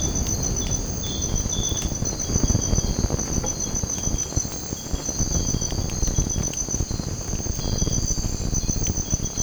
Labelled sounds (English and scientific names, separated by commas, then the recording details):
none
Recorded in secondary vegetation near Puerto Asís, Putumayo, Colombia, on 19 March 2025 at 03:00
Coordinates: 0.481, -76.318
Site G097